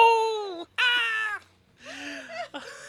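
A person crying and whimpering in a few drawn-out, high-pitched wavering wails, each burst breaking off briefly before the next, with no other talk.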